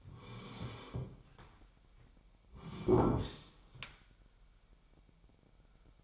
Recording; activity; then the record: daily activity, microphone in the room; sit down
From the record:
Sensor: 1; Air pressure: 998.5 hPa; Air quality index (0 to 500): 122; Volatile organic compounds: 3 ppm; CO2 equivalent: 1452 ppm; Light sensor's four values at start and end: 10/24/10/12 and 10/25/10/12